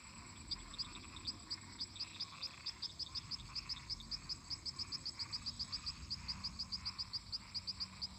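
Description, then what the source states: Frogs and toads: frog chorus with sharp, high pulsed notes repeated steadily over a continuous wash of other frog calls. Many toads and frogs calling together in a marsh.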